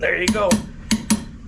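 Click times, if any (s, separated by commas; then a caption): 0.9 s, 1.1 s. A click-type torque wrench tightens the flywheel nut on the crankshaft of a Polaris 750 two-stroke jet-ski engine, held on the bench, to 90 foot-pounds while someone talks. The wrench gives sharp metallic clicks at 0.9 s and 1.1 s, confirming it has reached the 90 foot-pound setting.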